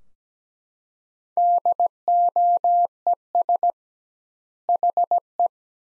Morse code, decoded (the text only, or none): DOES HE